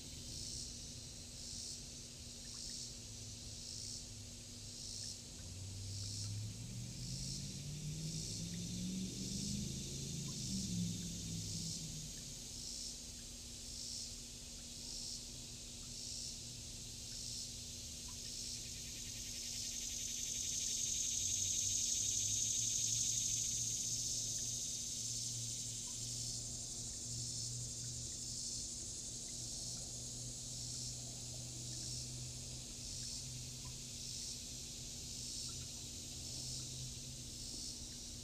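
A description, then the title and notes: Cicadas buzz steadily in high, rhythmic pulses for the whole stretch, swelling to a louder, smoother whine around twenty to twenty-five seconds. Underneath runs a low constant hum, and a deep rumbling engine-like drone rises and falls near ten seconds and again later. Cicadas.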